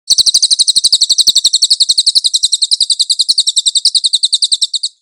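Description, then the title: Cililin giving one unbroken high trill lasting about five seconds, a fast, steady stream of sharp chattering notes that stops abruptly. Cililin song, used for training cage birds. "SUARA BURUNG CILILIN"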